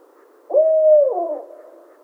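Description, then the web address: Barred owl calling a single drawn hoot that starts abruptly, holds an even pitch, then drops in a wavering glide and fades out. Recorded 28 July 2011. "Barred Owl 2011 07 28"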